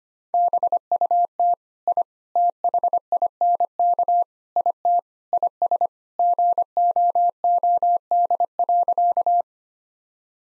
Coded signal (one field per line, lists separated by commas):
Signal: Morse code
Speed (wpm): 25 wpm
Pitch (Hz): 700 Hz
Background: none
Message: BUT I THINK IT IS GOOD.